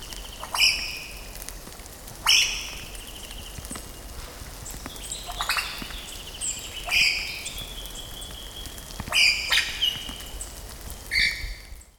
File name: Superb Lyrebird II